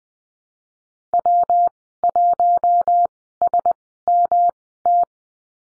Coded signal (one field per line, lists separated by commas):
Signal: Morse code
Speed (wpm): 19 wpm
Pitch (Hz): 700 Hz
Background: none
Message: W1SMT